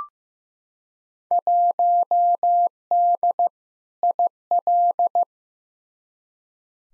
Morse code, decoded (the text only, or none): 1D IL